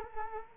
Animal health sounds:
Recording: mosquito wingbeat signal from an infrared sensor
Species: Culex quinquefasciatus

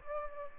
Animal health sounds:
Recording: mosquito wingbeat signal from an infrared sensor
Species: Aedes albopictus

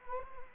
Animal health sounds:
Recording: mosquito wingbeat signal from an infrared sensor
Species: Anopheles arabiensis

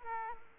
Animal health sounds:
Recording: mosquito wingbeat signal from an infrared sensor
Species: Aedes aegypti

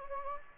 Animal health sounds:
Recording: mosquito wingbeat signal from an infrared sensor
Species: Anopheles gambiae

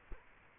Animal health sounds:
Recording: mosquito wingbeat signal from an infrared sensor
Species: Culex quinquefasciatus

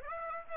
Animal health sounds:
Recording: mosquito wingbeat signal from an infrared sensor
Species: Aedes aegypti

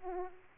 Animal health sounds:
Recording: mosquito wingbeat signal from an infrared sensor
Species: Aedes aegypti

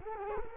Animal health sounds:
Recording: mosquito wingbeat signal from an infrared sensor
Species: Culex quinquefasciatus

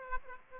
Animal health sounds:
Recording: mosquito wingbeat signal from an infrared sensor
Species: Aedes aegypti

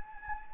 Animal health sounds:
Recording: mosquito wingbeat signal from an infrared sensor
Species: Anopheles gambiae

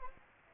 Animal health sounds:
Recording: mosquito wingbeat signal from an infrared sensor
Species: Aedes aegypti

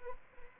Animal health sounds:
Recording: mosquito wingbeat signal from an infrared sensor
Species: Aedes albopictus

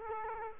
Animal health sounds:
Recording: mosquito wingbeat signal from an infrared sensor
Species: Culex quinquefasciatus

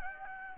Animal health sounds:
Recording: mosquito wingbeat signal from an infrared sensor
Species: Anopheles gambiae

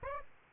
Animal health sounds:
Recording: mosquito wingbeat signal from an infrared sensor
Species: Aedes aegypti

